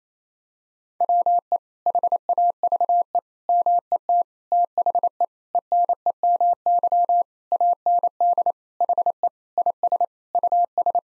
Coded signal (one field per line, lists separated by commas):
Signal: Morse code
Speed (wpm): 28 wpm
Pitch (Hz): 700 Hz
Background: none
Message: WE HAVE MET THE ENEMY AND HE IS US